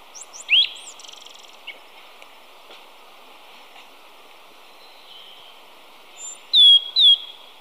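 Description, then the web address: Pale-eyed thrush producing rapid high notes at the start, then two loud clear downslurred whistles near the end, with a constant high background drone. Recorded in Ecuador. "Birds of Ecuador. Pale-eyed Thrush"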